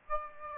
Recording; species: mosquito wingbeat signal from an infrared sensor; Aedes aegypti